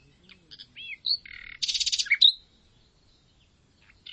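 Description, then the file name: Common nightingale song phrase: slurred whistles, a buzzy note, then a fast loud rattle ending in a sharp whistle, followed by near silence. "Luscinia megarhynchos"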